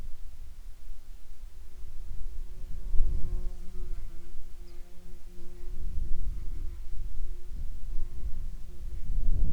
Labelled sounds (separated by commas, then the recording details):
wind, insects
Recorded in the Prudhoe Bay oil fields, Alaska, on 10 July 2019 at 10:19
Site 11